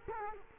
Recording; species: mosquito wingbeat signal from an infrared sensor; Culex quinquefasciatus